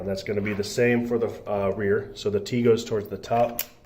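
A rear brace mount for an Arrma Kraton RC truck shock tower brace is handled and positioned with the T facing the top, ready to snap into the shock tower. Someone talks throughout over faint handling noise. The part has not seated or clicked yet.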